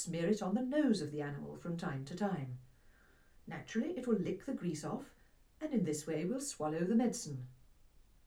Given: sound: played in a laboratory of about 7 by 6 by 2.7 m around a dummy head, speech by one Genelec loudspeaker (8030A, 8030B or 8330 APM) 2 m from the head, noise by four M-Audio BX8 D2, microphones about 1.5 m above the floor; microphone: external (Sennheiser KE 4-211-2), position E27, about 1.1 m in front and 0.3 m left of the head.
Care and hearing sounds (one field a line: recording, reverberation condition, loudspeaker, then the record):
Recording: female speech in English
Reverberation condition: low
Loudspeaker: 150 degrees to the left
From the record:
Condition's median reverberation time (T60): about 310 ms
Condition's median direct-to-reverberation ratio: about 3.5 dB